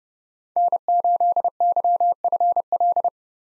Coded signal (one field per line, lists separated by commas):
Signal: Morse code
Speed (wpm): 30 wpm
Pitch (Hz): 700 Hz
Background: none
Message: N8YFL